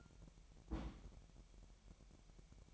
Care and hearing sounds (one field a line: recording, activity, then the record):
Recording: daily activity, microphone in the room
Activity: place on stove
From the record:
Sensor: 1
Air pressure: 1012.1 hPa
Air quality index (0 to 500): 223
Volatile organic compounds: 5 ppm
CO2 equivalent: 1784 ppm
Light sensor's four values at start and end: 75/178/76/81 and 75/177/76/81